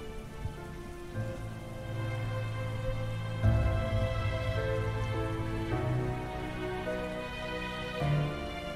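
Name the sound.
heavy rain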